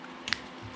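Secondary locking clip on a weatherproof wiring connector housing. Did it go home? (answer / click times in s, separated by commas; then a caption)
yes / 0.3 s. With both crimped terminals pushed into a plastic weatherproof wiring connector housing for race car wiring, the hinged plastic secondary locking clip is flipped down onto it. A faint tick at about 0.3 s is followed by a sharp, short snap at 0.3 s, and the clip seats closed.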